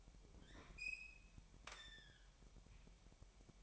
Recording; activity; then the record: daily activity, microphone in the room; open fridge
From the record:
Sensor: 1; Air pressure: 1002.0 hPa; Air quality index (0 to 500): 245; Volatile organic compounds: 50 ppm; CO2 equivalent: 3297 ppm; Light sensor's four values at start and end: 8/27/10/11 and 8/28/10/11